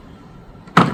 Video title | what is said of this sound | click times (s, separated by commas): Comparing My Mowers - Why I Upgraded | Just pops right in. | 0.8 s